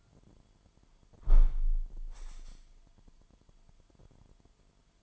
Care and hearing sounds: daily activity, microphone in the room; close window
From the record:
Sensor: 5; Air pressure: 998.1 hPa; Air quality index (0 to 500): 96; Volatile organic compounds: 2 ppm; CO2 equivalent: 1100 ppm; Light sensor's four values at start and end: 25/61/25/28 and 25/61/25/28

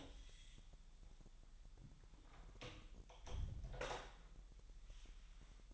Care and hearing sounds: daily activity, microphone in the room; close door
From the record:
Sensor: 3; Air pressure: 1001.2 hPa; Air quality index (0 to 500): 249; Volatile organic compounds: 181 ppm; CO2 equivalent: 4146 ppm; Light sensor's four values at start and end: 12/29/12/12 and 12/29/12/12

